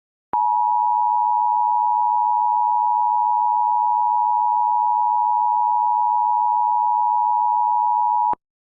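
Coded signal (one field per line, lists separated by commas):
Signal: Emergency Alert System (SAME) tones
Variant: 853 and 960 Hz attention tone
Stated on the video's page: Simulated EAS scenario, a fictional alert.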